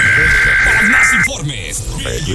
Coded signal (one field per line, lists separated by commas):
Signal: Emergency Alert System (SAME) tones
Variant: end-of-message bursts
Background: speech